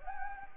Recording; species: mosquito wingbeat signal from an infrared sensor; Anopheles gambiae